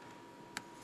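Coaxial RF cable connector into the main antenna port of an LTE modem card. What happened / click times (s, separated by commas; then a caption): The small connector snapped into place / 0.6 s. A small coaxial RF cable connector is pressed onto the main antenna port of an LTE modem card in a tablet. Over a steady background hum, a single short, sharp click sounds at 0.6 s as the connector seats.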